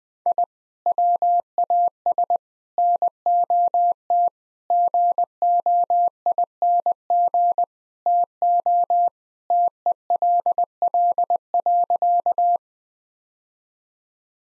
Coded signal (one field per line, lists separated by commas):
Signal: Morse code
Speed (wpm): 20 wpm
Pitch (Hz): 700 Hz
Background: none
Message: I WAS NOT GOING TO TELL.